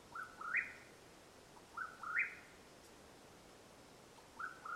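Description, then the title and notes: Mexican whip-poor-will, burry whistled calls rising in two steps, three phrases about two seconds apart over soft hiss. Mexican Whip-poor-will call at nightfall, Madera Canyon, Arizona, USA, 21 April 2022. "The call of the Mexican Whip-poor-will at nightfall in Madera Canyon, AZ. Recorded April, 21 2022."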